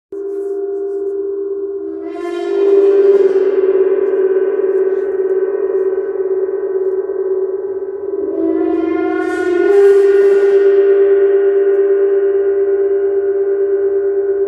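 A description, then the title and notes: Gentle gong strokes ring out in a long, sustained hum centred in the low-middle range. A soft strike near two seconds swells the tone, and a second, brighter strike arrives around nine seconds, each followed by a slowly shimmering ring that never fully fades. Venus Gong Sound Healing Immersion. Gentle gongs, their soothing tones.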